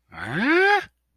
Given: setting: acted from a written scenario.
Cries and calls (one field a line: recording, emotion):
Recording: vocal sound without words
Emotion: confusion